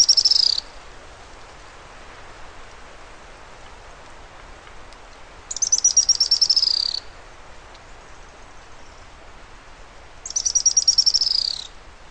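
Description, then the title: Bird singing a rapid, high-pitched descending trill, each burst about a second and a half long and repeated roughly every five seconds, with faint hiss between phrases. "LuckyPassaro Completos2Sama"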